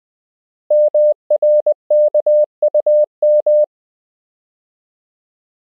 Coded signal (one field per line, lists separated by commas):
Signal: Morse code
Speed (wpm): 20 wpm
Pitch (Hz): 600 Hz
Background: none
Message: MRKUM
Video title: Morse Code — Koch Method Lesson 4 (KMRSU)